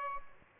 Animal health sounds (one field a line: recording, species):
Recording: mosquito wingbeat signal from an infrared sensor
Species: Aedes albopictus